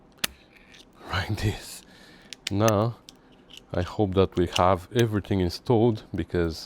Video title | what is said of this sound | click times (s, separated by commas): 1972 GT6 - Part 95 - Assembling the transmission (AGAIN) | can just slide it down until it clicks into its Channel | 0.2 s